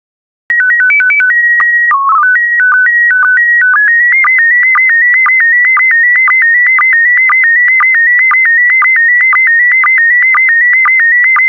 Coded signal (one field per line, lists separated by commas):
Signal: SSTV (slow-scan television)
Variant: PD 120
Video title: 10036 Air Shows SSTV PD120